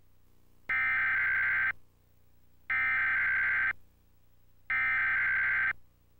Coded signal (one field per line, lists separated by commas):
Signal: Emergency Alert System (SAME) tones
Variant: header bursts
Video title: Emergency Alert System test - August 13, 2002 / Cox Cable / Kansas